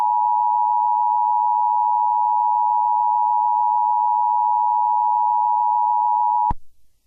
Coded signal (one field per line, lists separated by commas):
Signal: Emergency Alert System (SAME) tones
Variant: 853 and 960 Hz attention tone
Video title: EAS Nationwide Test